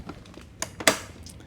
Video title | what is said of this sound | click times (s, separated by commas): Jazzy Carbon HD - The BEST Heavy Duty Folding Travel Chair - Full Review | You hear how it snaps | 0.9 s